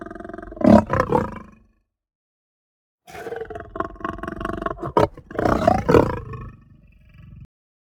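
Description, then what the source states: Lion snarl: a sharp harsh burst, silence, then a long raspy growling stretch with ragged breaths and another loud snarl. Calm breathing then a snarl.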